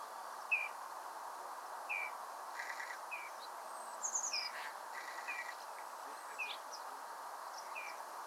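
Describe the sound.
Rufous-chested dotterel giving several short, soft whistled notes, with other faint sounds and a steady background hiss.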